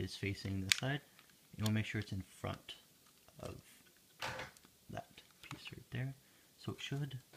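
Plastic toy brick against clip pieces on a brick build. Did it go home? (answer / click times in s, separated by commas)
no / none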